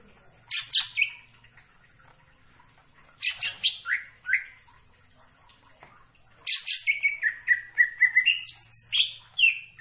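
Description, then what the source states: Leafbird singing three bursts of sharp high notes sliding down into slurred whistles, the last burst longer and richly varied; faint low hum underneath. Singing actively (gacor).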